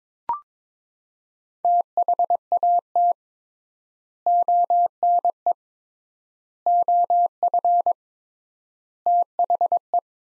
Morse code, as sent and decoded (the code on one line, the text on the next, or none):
- .... .- - / --- -. . / --- ..-. / - .... .
THAT ONE OF THE